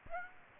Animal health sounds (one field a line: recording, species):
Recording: mosquito wingbeat signal from an infrared sensor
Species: Aedes aegypti